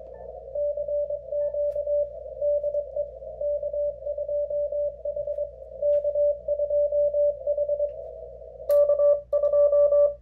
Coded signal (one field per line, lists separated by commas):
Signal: Morse code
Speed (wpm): 23 wpm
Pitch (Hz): 580 Hz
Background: radio noise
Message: CQ DE K2H K2H K2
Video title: CW etiquette for Special Event Stations and DX